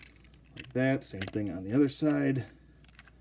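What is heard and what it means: Someone talks while lining up a small plastic tab with its tab hole on the second side of a Transformers Siege War for Cybertron Ironhide action figure during transformation, with faint plastic handling taps around the speech. Nothing has seated or clicked into place yet.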